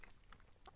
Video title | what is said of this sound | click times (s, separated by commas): Topside Dual by Dovpo/TVC - 200W Squonk Mod | do it back up, push it forward and then pull it back, and it clicks into place nicely there. | 0.7 s